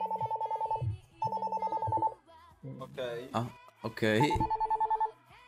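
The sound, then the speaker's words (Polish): A telephone rings in three trilling, buzzy bursts, each about a second long, with a pause between the first two and a stretch of voices before the third. “Przepraszam, telefon miałem.”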